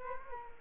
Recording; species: mosquito wingbeat signal from an infrared sensor; Culex quinquefasciatus